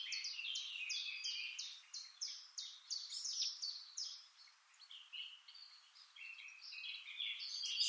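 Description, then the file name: Eurasian blackcap song: a series of evenly spaced, bright chipping notes followed by softer warbling, heard over a steady background hiss. "Sylvia atricapilla"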